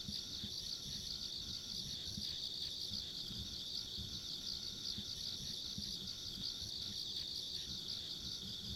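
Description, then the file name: High insect trills pulse without pause, joined by a faint thin whine higher up and soft low rumbling throughout. Ambient insect sounds along a rural country road. "田舎道の虫の環境音"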